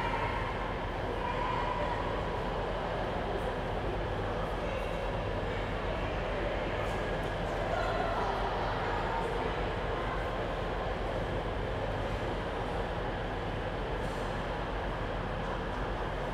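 In a busy railway station, a train rumbles steadily, a dense low roar that holds an even level for the whole stretch. Faint brighter squeals and clatters rise briefly around the middle and again near the end.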